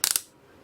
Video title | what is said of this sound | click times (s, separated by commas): BOA vs. laced golf shoes: What's the difference? | hear that clicking and it's gonna twist and get Tighter | 0.0 s, 0.1 s, 0.2 s